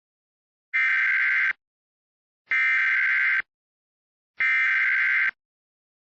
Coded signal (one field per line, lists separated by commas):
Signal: Emergency Alert System (SAME) tones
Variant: header bursts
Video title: EAS - The Oddest Practice Demo Warning PART II!